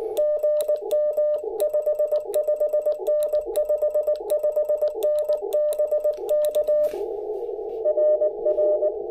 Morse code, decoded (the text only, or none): GM 55N 55N BK RR